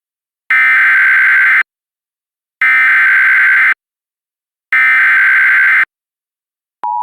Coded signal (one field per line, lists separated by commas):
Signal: Emergency Alert System (SAME) tones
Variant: header bursts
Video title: EAS Reenactment Mock: DESTRUCTIVE STORM FOR Crowell, Margaret, and Rayland. - 10/26/2021